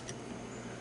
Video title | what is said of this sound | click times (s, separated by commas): Kirby Tech Drive Belt Replacement ( G3-G6, Ultimate G, Diamond, Sentria 1&2, Avalir, Avalir 2 ) | so you hear it click it | 0.1 s